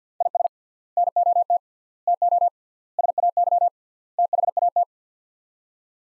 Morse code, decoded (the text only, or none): IS NOT TO SAY THAT